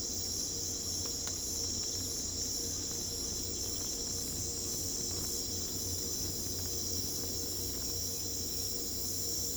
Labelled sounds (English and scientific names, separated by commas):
none